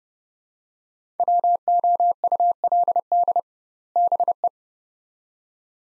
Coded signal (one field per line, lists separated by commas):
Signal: Morse code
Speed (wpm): 32 wpm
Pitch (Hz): 700 Hz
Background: none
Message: WOULD BE